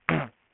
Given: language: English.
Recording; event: throat vibration sensor signal played as sound; throat clearing